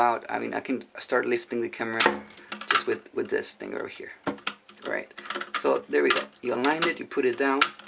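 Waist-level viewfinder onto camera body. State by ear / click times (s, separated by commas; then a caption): not seated / none. A waist-level viewfinder is aligned and lowered onto a Mamiya RZ67 Pro II medium-format camera body while someone talks, with light handling taps under the speech. Nothing has seated or clicked yet; the clip ends just before the finder locks into place.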